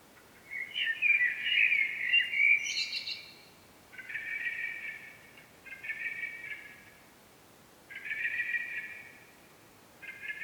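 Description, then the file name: Common blackbird giving harsh, buzzy chattering calls in bursts of about a second, with a louder, more varied opening phrase and pauses between later bursts. "Turdus merula"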